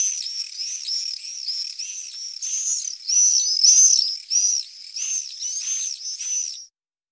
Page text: apus apus ansiedeln. Klangattrappe für Schwalben und Mauersegler